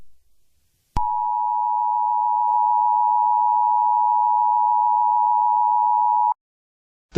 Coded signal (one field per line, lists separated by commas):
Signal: Emergency Alert System (SAME) tones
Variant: 853 and 960 Hz attention tone